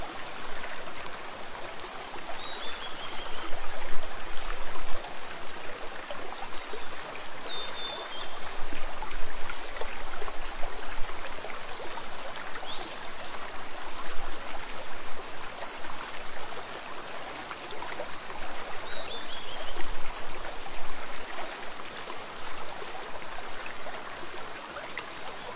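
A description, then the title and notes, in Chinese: Flowing water rushes steadily and densely throughout, while a few faint bird chirps break through around seconds 3, 8, 13 and 19. 大自然的声音 流水 鸟鸣。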